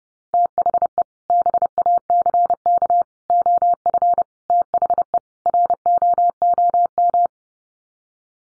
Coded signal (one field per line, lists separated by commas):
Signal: Morse code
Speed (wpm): 30 wpm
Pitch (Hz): 700 Hz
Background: none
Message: THE BACK OF THE ROOM